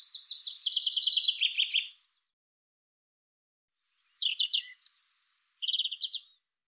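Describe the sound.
European robin song in two bursts: a rich trilled phrase lasting two seconds, silence, then varied sharp high notes ending in a quick trill.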